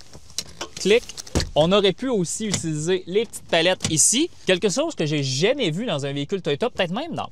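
A rear seatback latch in the seat frame of a 2025 Toyota Crown Signia SUV clicks open at 0.4 s as the rear seatbacks are lowered to show the flat cargo floor. Someone then talks over the rest of the clip, and the seatback latch is released.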